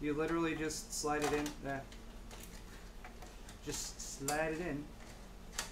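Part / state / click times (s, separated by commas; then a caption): 2.5 inch SSD into case drive bay clip / seated / 5.6 s. Someone talks while a 2.5-inch SSD is slid into the side-mounted drive bay of a PC case, with faint scraping and light knocks along the way. At 5.6 s, a sharp click sounds as the small plastic clip snaps into place to hold the drive, and the SSD is seated.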